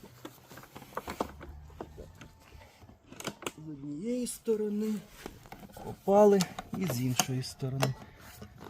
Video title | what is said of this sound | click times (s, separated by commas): IsoFix на будь-яке автомобільне крісло, легко #isofix #дитяче #крісло #sprinter #mersedesbenz | От воно зафіксувалося. Все. То есть воно вже не тягне далі раз і зафікс. | 1.0 s, 3.5 s